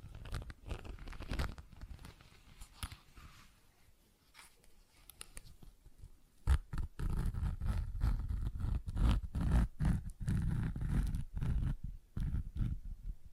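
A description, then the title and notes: Close-up tapping and scratching with sharp, irregular clicks over a rough, low rustle. The first few seconds are sparser and quieter, easing off around four to six seconds, then a denser, louder stretch of scratching and quick taps begins near six and a half seconds and continues to the end. ASMR Tapping, Scratching & Zipper Sounds.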